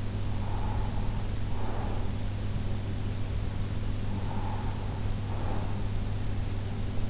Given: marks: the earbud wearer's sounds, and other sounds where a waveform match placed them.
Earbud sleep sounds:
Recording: sounds in sleep by an in-ear microphone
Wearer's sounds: breath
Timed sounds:
0.00-2.51 s: breath
4.11-5.97 s: breath

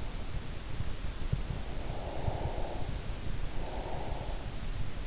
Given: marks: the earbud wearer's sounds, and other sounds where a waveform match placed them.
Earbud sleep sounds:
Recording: sounds in sleep by an in-ear microphone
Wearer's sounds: breath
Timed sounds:
1.53-4.55 s: breath

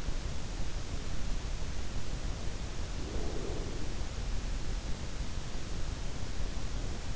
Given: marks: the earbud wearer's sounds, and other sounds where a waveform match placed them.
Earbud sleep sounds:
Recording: sounds in sleep by an in-ear microphone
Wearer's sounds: breath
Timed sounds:
2.34-5.12 s: breath

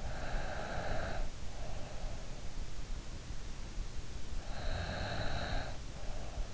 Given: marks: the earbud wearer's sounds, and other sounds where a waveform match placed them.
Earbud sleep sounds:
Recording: sounds in sleep by an in-ear microphone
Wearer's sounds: snoring breath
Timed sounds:
0.07-2.19 s: snoring breath
4.49-6.54 s: snoring breath

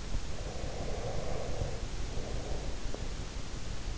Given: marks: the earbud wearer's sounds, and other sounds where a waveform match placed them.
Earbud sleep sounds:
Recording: sounds in sleep by an in-ear microphone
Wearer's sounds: breath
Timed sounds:
0.33-3.10 s: breath

